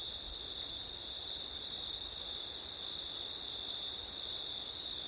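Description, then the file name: Crickets calling in an unbroken high trill, with a shrill pulsed layer above that fades briefly at the very end. Crickets on a September night in wind. "crickets wind september night ortif"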